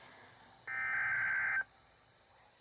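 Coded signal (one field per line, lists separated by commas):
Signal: Emergency Alert System (SAME) tones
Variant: header bursts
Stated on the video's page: Real EAS alerts for snow squalls.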